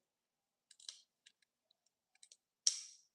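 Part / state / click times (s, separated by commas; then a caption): twist grip of a dry-powder inhaler loading a dose / seated / 2.7 s. Someone twists the base of a plastic dry-powder demonstration inhaler one way and back to load a dose, producing a few small, faint clicks and ticks from about 0.7 s to 2.3 s. A sharp, loud click at 2.7 s, with a short bright ring after it, marks the twist grip clicking into place, meaning the dose is dispensed.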